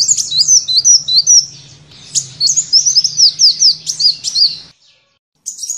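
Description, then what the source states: Van Hasselt's sunbird song: a fast jumble of very high, thin chirps and twittering slurs that stops briefly near the end, over a steady low hum. Filler song (isian) of the kolibri ninja (konin), used to train songbirds.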